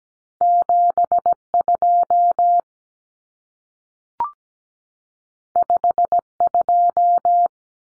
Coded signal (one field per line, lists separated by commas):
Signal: Morse code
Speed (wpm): 17 wpm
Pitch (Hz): 700 Hz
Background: none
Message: 72 52